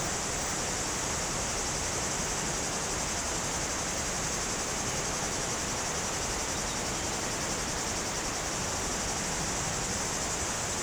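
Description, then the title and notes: A steady high cicada drone runs without pause over even rushing water noise. Cicadas very active in trees near the Jourdan river on the slopes of the Grand Colombier above Culoz, France, on a hot day; river audible. "Chem. de Romagnieux, 01350 Culoz, France - Rivière et cigales. Sur les pentes du Grand Colombier au dessus de Culoz , par cette chaude journée les cigales sont très actives dans les arbres près du Jourdan"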